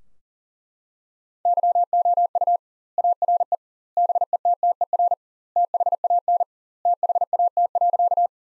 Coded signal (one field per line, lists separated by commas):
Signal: Morse code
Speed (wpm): 40 wpm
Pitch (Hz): 700 Hz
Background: none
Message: YOU ARE BETTER THAN THAT.